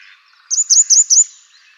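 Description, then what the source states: Grey wagtail calls: four sharp, very high notes in a fast run lasting under a second. Nominate subspecies Motacilla cinerea cinerea.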